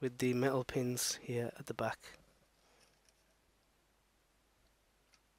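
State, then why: Seated. The front housing of a Honeywell central heating programmer is refitted onto its back plate, with its holes lined up with the metal pins at the back. Someone talks, then two soft plastic clicks come at 3.1 s and 5.1 s, one clip snapping in on each side. The housing is seated and the programmer is back together.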